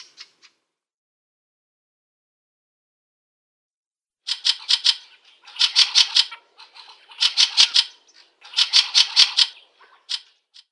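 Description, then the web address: Fieldfare calls: harsh, rasping chack notes given in rapid runs, four loud bursts roughly every one and a half seconds after a quiet opening. "Schulze Peter Fieldfare calls"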